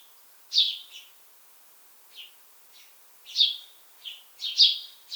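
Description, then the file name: House sparrow chirping in short, harsh notes, some paired, with gaps of up to about a second between bursts. "Passer domesticus"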